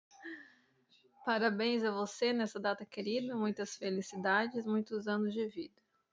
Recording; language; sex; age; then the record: short text; Brazilian Portuguese; female; 30 to 39 years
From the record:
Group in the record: control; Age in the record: 38 years